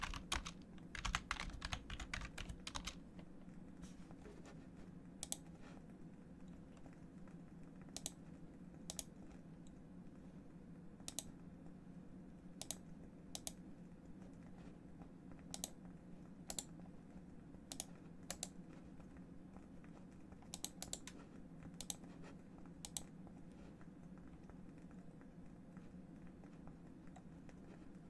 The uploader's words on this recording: ASMR Keyboard sounds & mouse sounds No Talking.